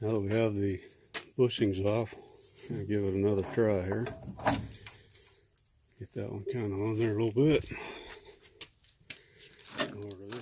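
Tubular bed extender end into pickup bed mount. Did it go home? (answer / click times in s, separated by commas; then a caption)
yes / 10.1 s, 10.3 s. With the bushings removed, the end of a tubular bed extender is pushed into its mount in an F150 pickup bed while someone talks, with light knocks and rattles along the way. Sharp snaps at 10.1 s and 10.3 s mark the extender end seating into the mount.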